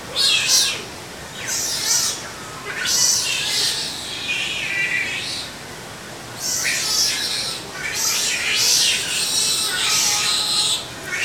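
Otter chirping squeals: shrill, breathy high calls in a run of bursts, some with slurred falling notes, with short gaps between, and a soft hiss behind.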